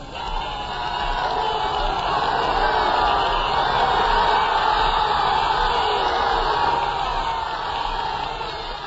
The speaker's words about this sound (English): People were giving us flowers, tomatoes, everything. It's been the most marvelous procession I've ever seen. Here they are, they're just mad with joy. Just listen to these crowds.